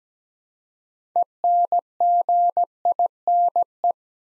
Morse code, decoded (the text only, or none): ENGINE